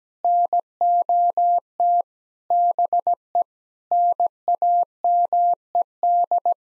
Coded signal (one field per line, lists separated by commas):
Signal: Morse code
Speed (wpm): 17 wpm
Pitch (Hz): 700 Hz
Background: none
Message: NOT BE NAMED